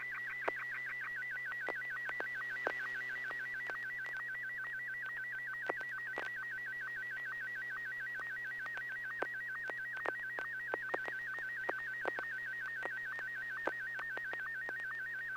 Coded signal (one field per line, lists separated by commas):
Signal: SSTV (slow-scan television)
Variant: Martin 1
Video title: N6NA SSTV Net - 11/25/2020